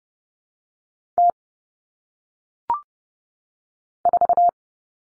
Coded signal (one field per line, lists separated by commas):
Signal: Morse code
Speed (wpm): 30 wpm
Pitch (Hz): 700 Hz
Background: none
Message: T 4